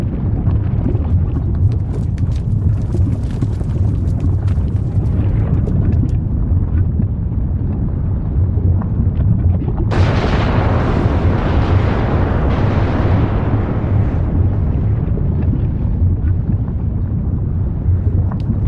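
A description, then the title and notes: A volcano rumbles with a constant, heavy low roar, crackling bursts early on, and a hissing rush that surges at ten seconds. Rumbling explosions from an active volcano. Volcanic Eruption Sounds.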